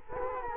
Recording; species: mosquito wingbeat signal from an infrared sensor; Culex quinquefasciatus